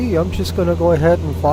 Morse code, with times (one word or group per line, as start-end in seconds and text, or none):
none